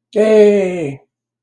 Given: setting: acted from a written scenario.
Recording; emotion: vocal sound without words; triumph